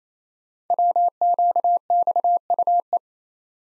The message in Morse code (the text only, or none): WQXUE